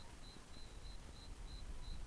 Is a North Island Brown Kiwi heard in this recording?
no